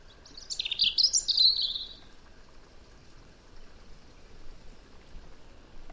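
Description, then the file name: European robin: one quick cascade of high, scratchy warbling notes in the first two seconds, followed by quiet background hiss. "Erithacus rubecula"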